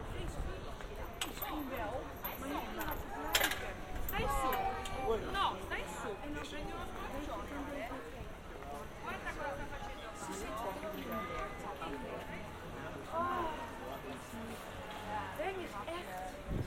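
A binaural field recording from Amsterdam, filled with overlapping voices talking at once in a steady, busy murmur. Scattered sharper sounds, like clacks or footsteps, cut through now and then, especially around three to five seconds and again near ten seconds.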